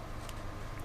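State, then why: Not seated. A mini plastic S-clip is hooked onto a rubber band tether without looking, heard as a brief faint tick near 0.3 s over steady low hum and background noise. The clip fails to catch on the tether; nothing has seated or clicked yet.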